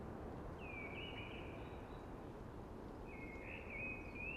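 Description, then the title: Eurasian blackbird with two sustained whistled phrases, the second ending in a slight upward lift, against a broad background hush. Sung early, amongst hushing conifers. "Early Blackbird Sings Amongst Hushing Conifers"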